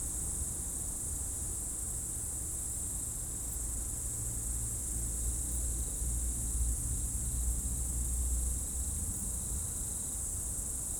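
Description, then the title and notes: Insects in an unbroken high-pitched chorus, with a faint thinner buzz joining later and a low mechanical hum running through most. Insect chorus in roadside bank and trees at dusk, first hairpin bend of Col du Chat road, Bourdeau, France; plane and a few vehicles; Tascam DAP1 DAT recorder, from a CDR burned 2006. "route col du Chat, Bourdeau, France - Tutti insectes. Dans la première épingle de la route du col du Chat à Bourdeau, insectes dans le talus et les arbres au crépuscule, avion, quelques véhicules"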